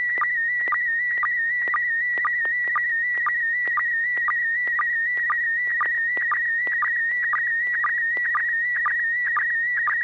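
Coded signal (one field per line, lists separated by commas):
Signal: SSTV (slow-scan television)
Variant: PD120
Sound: warbling whistle-like tone with steady rhythmic clicks about twice a second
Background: low hum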